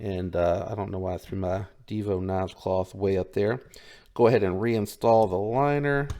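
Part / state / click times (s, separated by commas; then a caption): liner going into a folding pocket knife handle / not seated / none. A metal liner is being handled to go back into the handle of a folding pocket knife during maintenance, while someone talks throughout. Nothing has seated or clicked yet.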